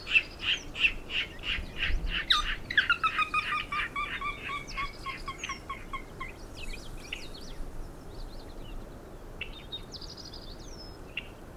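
Bird song: a rapid series of repeated sharp notes for several seconds, followed by scattered high chirps and twitters over a constant rushing background.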